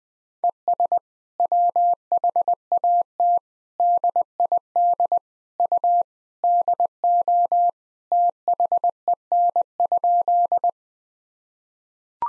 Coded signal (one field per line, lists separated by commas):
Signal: Morse code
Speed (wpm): 21 wpm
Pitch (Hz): 700 Hz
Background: none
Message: ES WHAT DID U DO THEN?